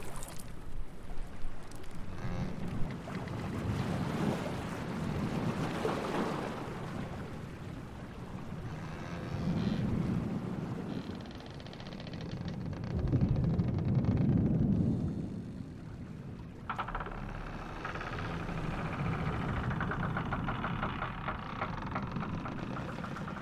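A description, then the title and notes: A sailing ship moves through rolling water, low surges swelling every few seconds under steady wind, with a brighter creaking tone entering near seventeen seconds. Sailing ship through the siren's realm ambience.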